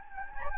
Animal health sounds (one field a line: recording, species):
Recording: mosquito wingbeat signal from an infrared sensor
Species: Anopheles gambiae